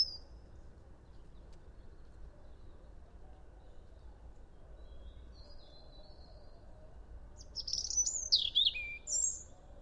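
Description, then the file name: European robin song, a short high warbled phrase with a descending glide near the end, after a long stretch of steady low background hiss with a few faint notes. "Erithacus rubecula"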